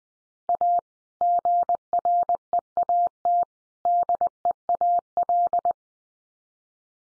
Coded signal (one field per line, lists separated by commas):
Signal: Morse code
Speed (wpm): 20 wpm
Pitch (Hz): 700 Hz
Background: none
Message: A GREAT DEAL